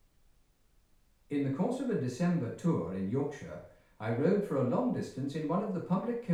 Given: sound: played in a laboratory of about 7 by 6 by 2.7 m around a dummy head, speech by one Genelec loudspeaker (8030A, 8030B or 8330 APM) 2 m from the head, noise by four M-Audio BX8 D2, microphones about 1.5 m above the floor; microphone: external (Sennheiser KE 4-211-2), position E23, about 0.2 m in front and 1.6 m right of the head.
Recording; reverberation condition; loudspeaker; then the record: male speech in English; medium; in front (0 degrees)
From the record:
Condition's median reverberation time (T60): about 510 ms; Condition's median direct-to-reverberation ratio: about -0.5 dB